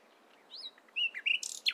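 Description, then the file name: Common nightingale song fragment: a few thin whistled notes, then a loud burst of harsh, rapid, high-pitched notes at the end. "Luscinia megarhynchos"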